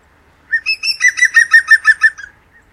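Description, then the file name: European green woodpecker giving its ringing laughing call, a quick, even series of many loud yelping notes that fades slightly at the end. "gruenspecht"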